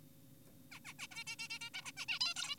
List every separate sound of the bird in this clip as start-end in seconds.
0.72-0.80, 0.85-0.93, 0.99-1.07, 1.11-1.24, 1.27-1.36, 1.39-1.48, 1.50-1.59, 1.61-1.70, 1.74-1.82, 1.85-1.92, 1.97-2.06, 2.08-2.19, 2.21-2.34, 2.36-2.56